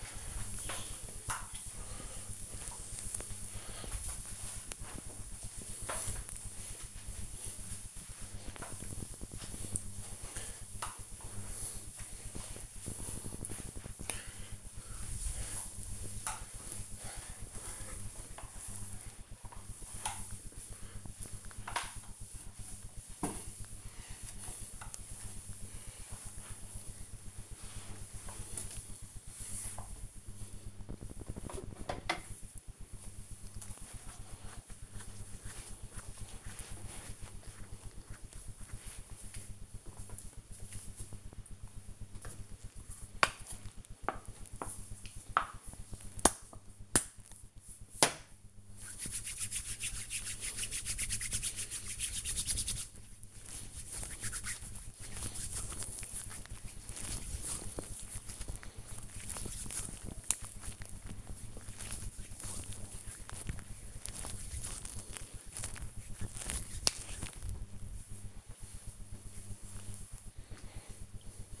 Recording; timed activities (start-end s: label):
household activities, microphone on the right wrist
0.00-30.53 s: floor cleaning
41.59-66.65 s: cream hands